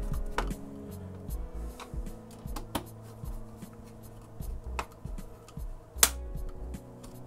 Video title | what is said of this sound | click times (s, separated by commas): Dell Inspiron 17-5000 Series Basic Disassembly (HDD/SSD, memory, fan, battery) (4K) - Jody Bruchon | you hear that clicking sound that was plastic clips engaging | 6.0 s